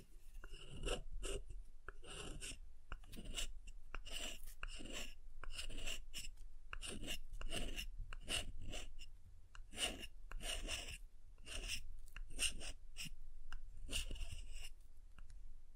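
Soap is tapped and carved in a quick, fairly regular run of short scraping strokes, roughly two or three a second, across the whole sixteen seconds. Each stroke has a bright, dry rasp, with a soft low thump underneath and no other sounds.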